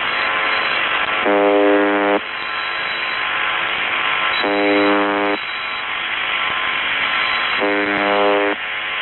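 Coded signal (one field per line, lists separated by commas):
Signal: channel marker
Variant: UVB-76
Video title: UVB-76 spielt Musik und Nachrichten/ UVB-76 Playing Music and Text massage ELH#191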